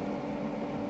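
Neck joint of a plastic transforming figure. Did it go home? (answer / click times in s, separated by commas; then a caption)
no / none. The neck joint of a plastic Transformers Animated Shockwave transforming figure is handled as the Longarm head and neck are pushed forward and the neck is extended during transformation. Only a steady, broadband rushing noise is heard, with no distinct transient. Nothing has seated or clicked yet; the part is not yet home.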